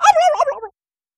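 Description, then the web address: Turkey gobbling, one quick rattling burst of warbled notes falling slightly in pitch, lasting under a second. Barnyard. "animals barnyard|turkey"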